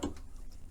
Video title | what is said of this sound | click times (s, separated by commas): 793 PG Serger - Anniversary Edition ! | and you hear that click in place | 0.0 s